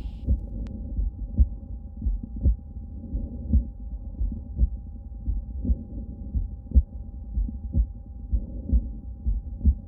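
Adult heart sounds heard by stethoscope, regular and low-pitched at about 56 beats a minute, with paradoxical splitting of S2, a sign of left bundle branch block. The block may be intermittent.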